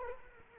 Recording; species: mosquito wingbeat signal from an infrared sensor; Culex quinquefasciatus